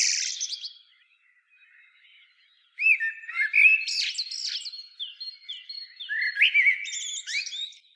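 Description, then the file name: Common blackbird song: a short high twitter, about two seconds of near silence, then a lively run of chirps and swooping notes. "Turdus merula"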